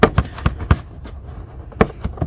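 A plastic battery cover clip, already snapped on at the back, is pressed down at the front into the battery tray of a 2006 Ford F-250 pickup truck with a 6.0 Powerstroke during a battery replacement. Sharp plastic snaps sound at 0.0 s and 1.8 s, with softer clicks and handling noise between them. The cover clip snaps into place and is seated.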